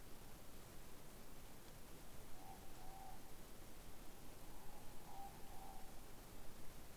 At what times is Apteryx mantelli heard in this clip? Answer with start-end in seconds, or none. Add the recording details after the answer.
none. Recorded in New Zealand on 7 November 2014. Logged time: 22:14. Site CJ68